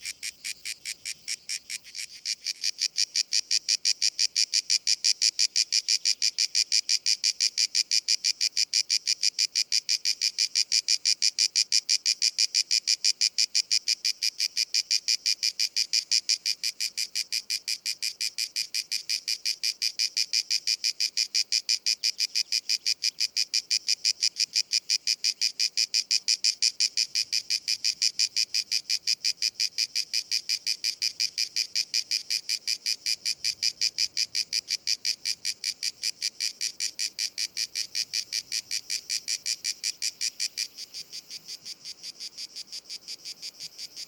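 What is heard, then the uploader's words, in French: A grey cicada sings a bright, rapidly pulsing buzz, steady, rising after three seconds and fading slightly near forty seconds. La Cigale grise (Cicada orni). Son rythme particulier permet facilement de la reconnaître.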